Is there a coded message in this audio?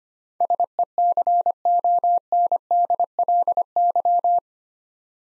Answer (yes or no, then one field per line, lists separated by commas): yes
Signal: Morse code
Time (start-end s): 0.4-4.4 s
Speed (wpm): 25 wpm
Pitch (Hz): 700 Hz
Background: none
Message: SECONDLY